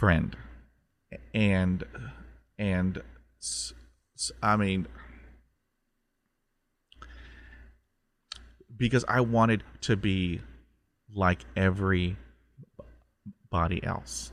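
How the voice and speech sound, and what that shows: A low-pitched adult male voice speaks in halting bursts: drawn-out "n" and "s" sounds, a repeated "in", a silent block of over three seconds, and "every...body" broken by a long pause. This is stuttering, present since his school years, with prolongations, repetitions and blocks interrupting the flow of speech.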